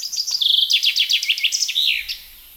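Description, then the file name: Common chaffinch song: quick repeated notes and a brief trill give way to a run of emphatic chips, ending with a flourish. "Fringilla coelebs"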